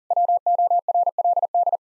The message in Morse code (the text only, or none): WORLD